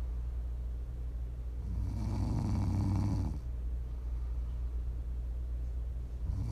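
Low, rattling snores on the breath in, about every five seconds, with quiet breathing between them.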